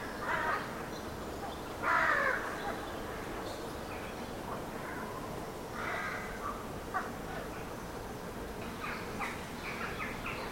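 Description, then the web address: Rook caws, a few louder harsh calls standing out around two and six seconds against softer scattered cawing and a steady background hiss. Many rooks calling from trees. "Hollywood Edge Historical Series. Rooks in Trees"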